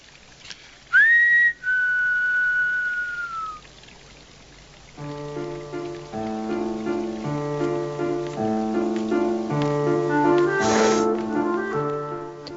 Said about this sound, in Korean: 알바로를 기다리다 지친 마테오는 혼자서 노래를 부릅니다. 휘파람도 불어봅니다.